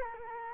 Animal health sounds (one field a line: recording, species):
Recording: mosquito wingbeat signal from an infrared sensor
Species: Culex quinquefasciatus